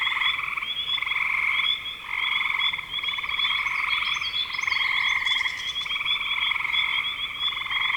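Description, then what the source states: Frogs croaking in a dense pulsed chorus with swelling bursts, a sustained high hum, and a few quick higher chirps midway. Frogs in spring 2025.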